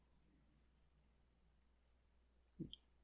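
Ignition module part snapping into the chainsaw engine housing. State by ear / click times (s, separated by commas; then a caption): seated / 2.7 s. While fitting a new ignition module on a Husqvarna 550XP Mark II chainsaw, a tucked-in plastic part is worked into its holder in the engine housing, a fumbly job. After a stretch of quiet handling, a dull low thump near 2.6 s is followed by a short, sharp high snap at 2.7 s as the part seats in place.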